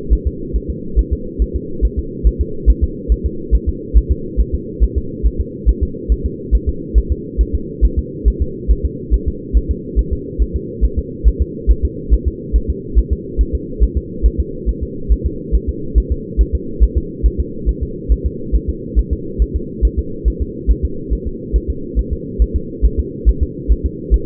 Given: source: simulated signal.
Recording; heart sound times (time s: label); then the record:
fetal heart sounds
0.13 s: S1
0.27 s: S2
0.56 s: S1
0.70 s: S2
0.99 s: S1
1.13 s: S2
1.42 s: S1
1.56 s: S2
1.85 s: S1
1.99 s: S2
2.27 s: S1
2.41 s: S2
2.70 s: S1
2.84 s: S2
3.12 s: S1
3.26 s: S2
3.55 s: S1
3.69 s: S2
3.97 s: S1
4.11 s: S2
4.41 s: S1
4.55 s: S2
4.83 s: S1
4.98 s: S2
5.26 s: S1
5.41 s: S2
5.69 s: S1
5.83 s: S2
6.12 s: S1
6.26 s: S2
6.55 s: S1
6.69 s: S2
6.98 s: S1
7.12 s: S2
7.41 s: S1
7.55 s: S2
7.85 s: S1
7.99 s: S2
8.28 s: S1
8.42 s: S2
8.71 s: S1
8.85 s: S2
9.14 s: S1
9.28 s: S2
9.57 s: S1
9.71 s: S2
9.99 s: S1
10.13 s: S2
10.42 s: S1
10.56 s: S2
10.85 s: S1
10.99 s: S2
11.28 s: S1
11.42 s: S2
11.71 s: S1
11.85 s: S2
12.14 s: S1
12.28 s: S2
12.56 s: S1
12.70 s: S2
12.98 s: S1
13.13 s: S2
13.41 s: S1
13.55 s: S2
13.83 s: S1
13.97 s: S2
14.26 s: S1
14.40 s: S2
14.69 s: S1
14.83 s: S2
15.12 s: S1
15.26 s: S2
15.55 s: S1
15.69 s: S2
15.98 s: S1
16.12 s: S2
16.41 s: S1
16.55 s: S2
16.84 s: S1
16.98 s: S2
17.26 s: S1
17.40 s: S2
17.69 s: S1
17.83 s: S2
18.12 s: S1
18.26 s: S2
18.55 s: S1
18.70 s: S2
18.99 s: S1
19.13 s: S2
19.42 s: S1
19.56 s: S2
19.85 s: S1
19.99 s: S2
20.28 s: S1
20.42 s: S2
20.71 s: S1
20.85 s: S2
21.13 s: S1
21.27 s: S2
21.56 s: S1
21.70 s: S2
21.99 s: S1
22.13 s: S2
22.42 s: S1
22.56 s: S2
22.85 s: S1
22.99 s: S2
23.29 s: S1
23.43 s: S2
23.72 s: S1
23.86 s: S2
24.14 s: S1
From the record:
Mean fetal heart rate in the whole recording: 140 bpm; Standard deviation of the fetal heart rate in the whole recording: 2 bpm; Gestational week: 34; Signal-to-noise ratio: -4.3 dB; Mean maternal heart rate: 72 bpm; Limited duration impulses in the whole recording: absent